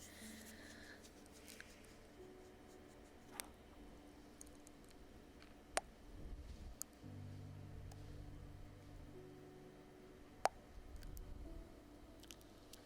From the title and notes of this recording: ASMR Slow Ear LicksKisses.